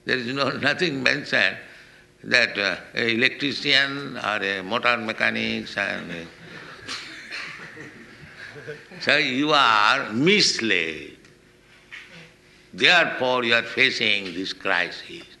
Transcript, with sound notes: There is nothing mentioned that "electrician" or a "motor mechanics" and a... [laughter] So you are misled. Therefore you are facing this crisis,